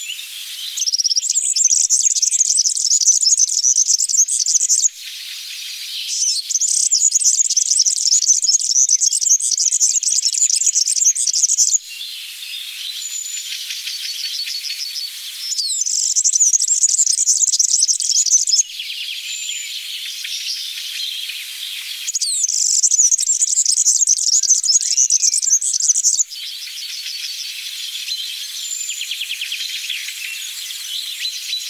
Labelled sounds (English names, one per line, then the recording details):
European Serin song
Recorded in the wild
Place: Oberrotweil am Kaiserstuhl, Baden-Württemberg, DE
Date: 1980-06-14
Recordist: Schwarz, Dieter
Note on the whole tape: Song